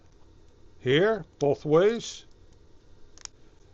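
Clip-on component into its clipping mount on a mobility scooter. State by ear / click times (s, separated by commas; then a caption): seated / 3.2 s. Someone talks, and a clip-on component is then dropped into its two-way clipping mount on a mobility scooter. A single sharp click sounds at 3.3 s as the clips reach out and the part locks fully into place.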